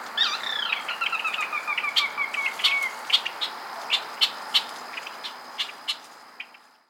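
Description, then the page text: Sora giving a descending whinny, a rapid run of clear notes dropping in pitch, followed by spaced sharp single peeps fading toward the end. "Jonathon Jongsma - Каролинский погоныш (Porzana carolina)"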